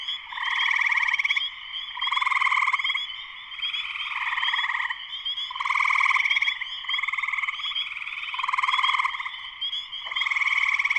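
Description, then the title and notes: Continuous spring peeper chorus, high peeps throughout and strongly pulsed trills surging repeatedly. Full chorus shortly after sunset in Sleeping Bear Dunes National Lakeshore, northern Michigan, USA. "Spring peepers (chorus frogs) in concert. Spring peepers (chorus frogs) in full chorus shortly after sunset in the Sleeping Bear Dunes National Lakeshore in northern Michigan, USA. Recorded by Darrin Wassom. Part of the Music for Sleep project"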